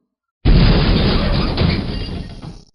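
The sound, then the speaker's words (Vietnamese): A heavy stone door slowly rises open with a sudden loud start, a deep grinding roar that holds steady for about two seconds before gradually fading away. “Một trận ầm ầm vang lớn, thạch môn chậm rãi dâng lên”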